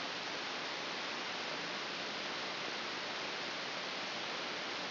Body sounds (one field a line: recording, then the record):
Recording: brain microelectrode recording played as sound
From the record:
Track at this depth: inside the subthalamic nucleus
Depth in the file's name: 6.309 mm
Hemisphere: left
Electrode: 2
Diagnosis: Parkinson's disease